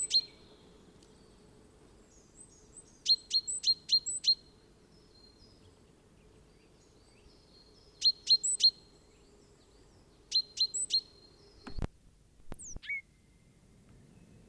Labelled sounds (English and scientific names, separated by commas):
Great Tit (Parus major) song